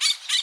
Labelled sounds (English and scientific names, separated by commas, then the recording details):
Brown-throated Parakeet (Eupsittula pertinax) contact call
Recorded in Bonaire
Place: just S of turnoff to Cai, near Lac Bay
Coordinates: 12.126, -68.239